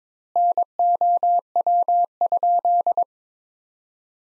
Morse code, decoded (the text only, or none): NOW?